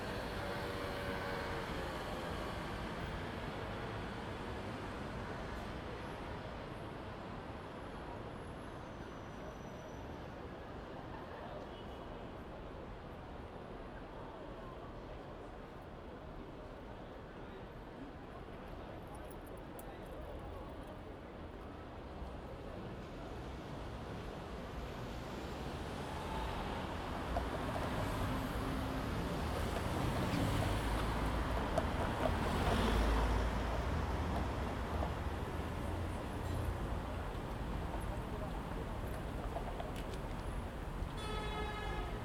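A night street scene in Berlin with a constant low rumble of traffic and passing vehicles. Around the middle, a heavier vehicle, likely a tram, grows louder and rolls by near the thirty-second mark, then fades, while faint voices drift.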